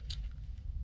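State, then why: Not seated. A plastic part is set crosswise, then tilted toward the chassis of a Tamiya Mach Frame FM-A mini 4WD kit while being handled. A brief bright tick of handling noise at about 0.1 s sits over a steady low rumble. Nothing has seated or clicked yet.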